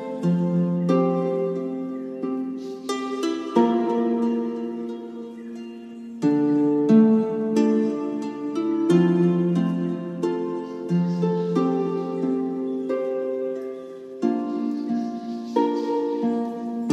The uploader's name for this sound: Mystical Celtic music. Nature sounds